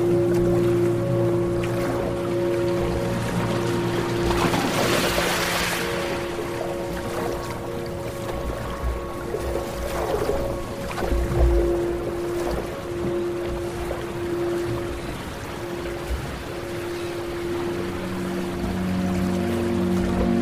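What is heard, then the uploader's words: Soft, sustained music tones hold steady throughout, layered over a low, constant rumble like a boat's hull on water. A brighter wash of water swells around five seconds, with smaller splashes near ten to twelve seconds, then settles back to calm. Deep Sleep Music + Ocean Waves. Lying on the deck of a boat as it floats through an endless, calm ocean.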